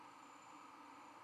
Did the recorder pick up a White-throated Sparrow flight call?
no